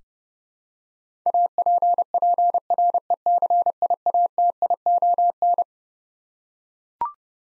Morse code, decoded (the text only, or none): APPRECIATION